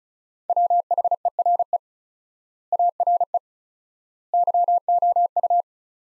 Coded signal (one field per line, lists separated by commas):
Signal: Morse code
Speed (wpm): 34 wpm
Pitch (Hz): 700 Hz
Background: none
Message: WHERE ARE YOU